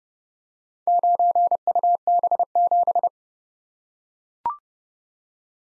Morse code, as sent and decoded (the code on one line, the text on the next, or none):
----. ..- -... --...
9UB7